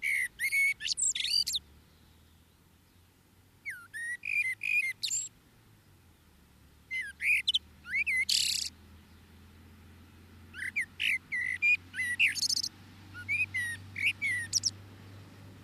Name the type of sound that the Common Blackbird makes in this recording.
song